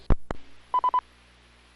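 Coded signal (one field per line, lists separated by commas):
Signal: none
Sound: repeater courtesy beep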